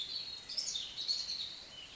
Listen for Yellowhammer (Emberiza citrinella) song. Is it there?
no